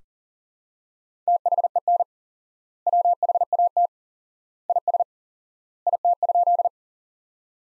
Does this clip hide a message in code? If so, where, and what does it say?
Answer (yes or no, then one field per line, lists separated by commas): yes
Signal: Morse code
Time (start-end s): 1.3-6.7 s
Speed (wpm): 40 wpm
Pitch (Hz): 700 Hz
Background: none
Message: THEN WHAT IS IT?